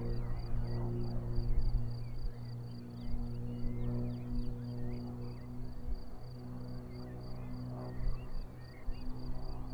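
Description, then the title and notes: Crickets give a continuous high pulsed chirping while a strong low engine hum rises and falls. Crickets chirping at Vogtsburg im Kaiserstuhl, Germany, with a view over the wide plain; engine noise from a small aircraft is heard. "Unnamed Road, 79235 Vogtsburg im Kaiserstuhl, Deutschland - Grillen zirpen. Zirpen der Grillen. Motorenlärm eines Kleinflugzeugs"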